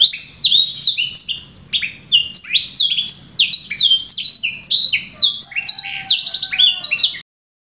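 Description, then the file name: Canary song of rapid descending whistles and rolling trills, including a few lower sliding notes, ending abruptly in silence. Canary song labelled 'raja melodi' (melody king) style. "kenari raja melodi omkicau"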